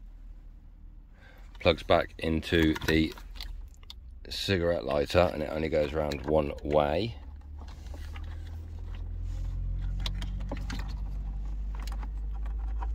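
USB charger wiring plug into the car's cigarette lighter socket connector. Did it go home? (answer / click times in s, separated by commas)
no / none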